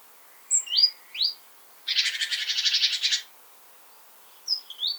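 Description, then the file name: Great tit calls: a few short rising whistled notes, then a dry buzzy churring rattle lasting over a second, followed by more rising whistles, against a quiet background. "Parus major"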